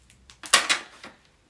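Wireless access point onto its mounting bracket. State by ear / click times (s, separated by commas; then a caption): seated / 0.5 s. A Unifi 6 Long Range wireless access point is pressed flat against its wall or ceiling mounting bracket and slid along until it locks onto the mounting plate. Faint taps come at 0.1 and 0.3 seconds, then a rubbing knock leads into a loud, sharp, bright click at 0.5 seconds, followed by a second bright rattle near 0.7 seconds and a smaller tap at 1.0 seconds. The access point is seated and locked in place.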